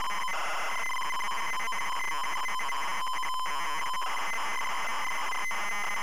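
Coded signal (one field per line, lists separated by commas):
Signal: ZX Spectrum tape loading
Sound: continuous loud harsh buzzing screech with rapid warbling texture and brief dropouts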